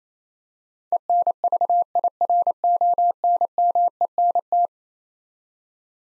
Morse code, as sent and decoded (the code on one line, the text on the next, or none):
. -. ...- .. .-. --- -. -- . -. -
ENVIRONMENT